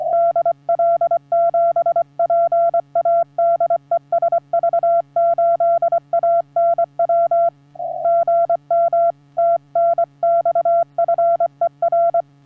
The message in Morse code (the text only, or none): DL7PA DE SV8ANW GM TNX FER